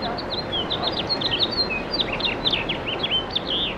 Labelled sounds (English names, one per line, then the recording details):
House Finch song
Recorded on Long Island, New York, on 18 April 2012
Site GC
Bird C